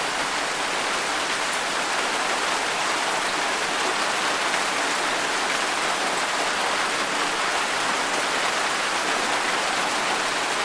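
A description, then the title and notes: Rain falls in a steady, dense hiss, bright and even throughout, with no distinct drops or pauses and little low rumble beneath. Rain For Sleeping. The sound of rain.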